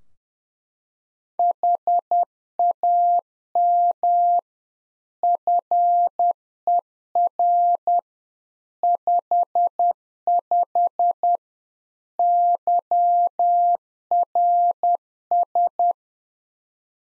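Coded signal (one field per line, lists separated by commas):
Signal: Morse code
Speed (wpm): 10 wpm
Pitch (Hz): 700 Hz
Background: none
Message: HAM FER 55 YRS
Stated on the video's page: Practice QSO drill at 10 wpm covering rig, antenna and weather information, sent in Morse, then spoken, then sent again.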